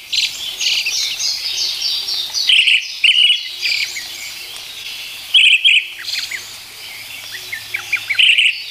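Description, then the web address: Brown-headed thrush phrases of a few clear notes with a high thin ending, given at irregular gaps, amid a chorus of twittering songbirds. "sikioto birds akahara"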